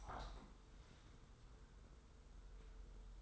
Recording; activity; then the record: daily activity, microphone in the room; open window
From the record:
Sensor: 3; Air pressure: 990.4 hPa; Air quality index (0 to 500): 178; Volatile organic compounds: 1000 ppm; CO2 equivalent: 5772 ppm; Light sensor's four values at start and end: 33/79/31/29 and 33/79/32/30